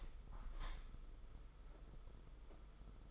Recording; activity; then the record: daily activity, microphone in the room; open window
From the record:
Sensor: 5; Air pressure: 991.5 hPa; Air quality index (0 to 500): 108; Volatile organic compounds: 25 ppm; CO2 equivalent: 2832 ppm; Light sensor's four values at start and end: 39/126/48/51 and 39/127/48/51